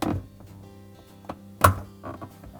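A plastic lower supply tube is rotated into the pump housing of a Whirlpool dishwasher until it locks and its plastic latch snaps into place. A knock at the start and a light tap at 1.3 s lead to a sharp, loud snap at 1.7 s, followed by a few softer taps around 2.1 and 2.2 s over a steady low hum. The supply tube is seated and latched.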